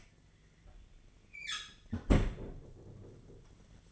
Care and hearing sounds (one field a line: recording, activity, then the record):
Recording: daily activity, microphone in the room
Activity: close fridge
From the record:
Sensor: 4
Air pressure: 1010.5 hPa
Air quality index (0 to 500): 176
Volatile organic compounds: 5 ppm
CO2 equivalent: 1790 ppm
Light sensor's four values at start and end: 28/83/32/33 and 34/99/39/40